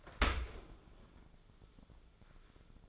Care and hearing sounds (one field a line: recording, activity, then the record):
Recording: daily activity, microphone in the room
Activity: open dishwasher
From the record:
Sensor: 5